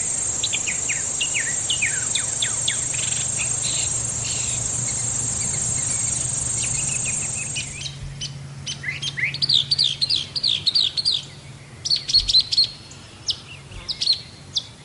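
Mockingbird song: scattered notes under a steady high insect whine for the first half, then loud varied phrases of sharp chirps and rapid trills.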